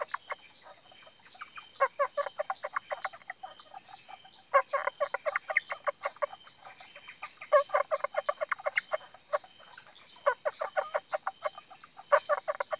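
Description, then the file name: Indian bronzed frog producing rapid series of clicking pulses in bouts every few seconds, rising and falling in loudness, a thin constant tone in the background. "Indosylvirana temporalis"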